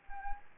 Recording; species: mosquito wingbeat signal from an infrared sensor; Anopheles gambiae